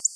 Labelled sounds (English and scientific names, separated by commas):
Black-throated Blue Warbler (Setophaga caerulescens) flight call